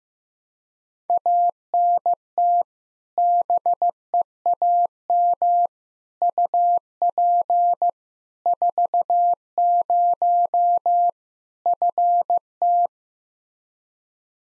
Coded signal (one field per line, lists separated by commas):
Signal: Morse code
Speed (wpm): 15 wpm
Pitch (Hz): 700 Hz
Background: none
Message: ANT BEAM UP 40 FT